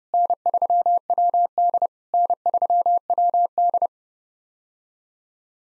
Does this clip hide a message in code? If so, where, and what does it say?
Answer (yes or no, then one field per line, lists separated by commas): yes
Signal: Morse code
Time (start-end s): 0.1-3.9 s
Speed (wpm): 30 wpm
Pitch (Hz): 700 Hz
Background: none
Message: N3WD N3WD